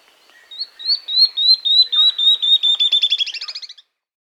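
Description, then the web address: Tawny-throated leaftosser singing a single accelerating series of piercing notes, slipping slightly downward and ending in a quick buzzy trill. Andean bird of South America. "Natures Songs S America Andean Birds. Tawny-Throated Leaftosser (Sclerurus Mexicanus)"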